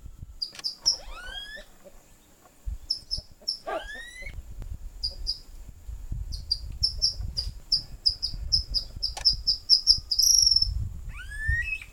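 White-throated kingbird high chattering chips in fast runs, with a few rising whistled notes, over a low rumble and a steady high insect tone.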